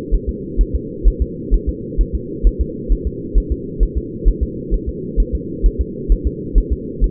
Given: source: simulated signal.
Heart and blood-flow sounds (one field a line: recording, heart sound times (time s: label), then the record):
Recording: fetal heart sounds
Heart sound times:
0.14 s: S1
0.29 s: S2
0.61 s: S1
0.75 s: S2
1.08 s: S1
1.22 s: S2
1.54 s: S1
1.69 s: S2
2.01 s: S1
2.15 s: S2
2.47 s: S1
2.61 s: S2
2.92 s: S1
3.07 s: S2
3.38 s: S1
3.52 s: S2
3.83 s: S1
3.98 s: S2
4.28 s: S1
4.43 s: S2
4.74 s: S1
4.89 s: S2
5.20 s: S1
5.35 s: S2
5.66 s: S1
5.81 s: S2
6.12 s: S1
6.27 s: S2
6.58 s: S1
6.73 s: S2
7.04 s: S1
From the record:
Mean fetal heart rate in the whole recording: 130 bpm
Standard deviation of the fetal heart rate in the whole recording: 2 bpm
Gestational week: 36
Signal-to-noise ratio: -4.1 dB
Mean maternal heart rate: no maternal heart sound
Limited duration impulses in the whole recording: absent